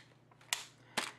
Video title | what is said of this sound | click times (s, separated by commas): 42 Ressha Sentai ToQger Hyper Ressha TeiOh and ToQ Rainbow review DX Megazord Power Rangers YouTub | know click into place and then you can release this and they'll all mop down into place | 0.5 s, 1.0 s